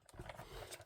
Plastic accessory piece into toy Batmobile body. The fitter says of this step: oh that's nice snaps right into place